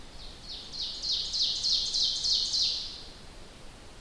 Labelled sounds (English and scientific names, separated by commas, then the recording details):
Ovenbird (Seiurus aurocapilla) song
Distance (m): 40 m
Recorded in boreal forest in Alberta, Canada, on 1 July 2016 at 08:47
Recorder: SongMeter 3, array SBT-6-79
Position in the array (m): 211 m, 25 m
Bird 39